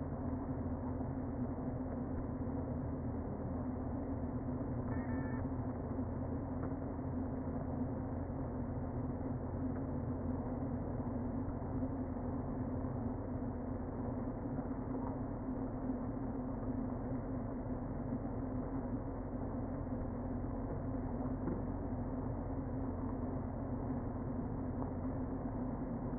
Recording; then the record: honeybee colony, microphone inside the hive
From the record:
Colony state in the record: queen present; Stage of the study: before two queens were removed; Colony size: about 60,000 bees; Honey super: yes